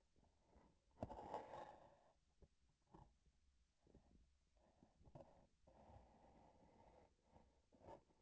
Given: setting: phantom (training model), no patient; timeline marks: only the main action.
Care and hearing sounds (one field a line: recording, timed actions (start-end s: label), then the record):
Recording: laparoscopic instrument, vibration sensor on the handle end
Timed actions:
0.00-0.90 s: palpation
7.67-8.22 s: palpation
From the record:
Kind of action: gesture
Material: synthetic tissue